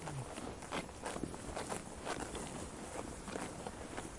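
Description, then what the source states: Sheep grazing sounds, quick crunching bites and short grassy rips tumbling together without pause. Sheep chewing while eating grass.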